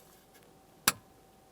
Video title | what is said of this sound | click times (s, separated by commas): How to Replace Airbag Indicator Light 2003-2011 Mercury Grand Marquis | press it in listen for a click and make sure that's secure as well | 0.9 s